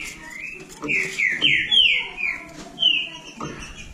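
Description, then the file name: Green-winged saltator: bird song of broad, rich whistled slurs rising and falling, somewhat blurred, with soft background noise. "canto do trinca ferro"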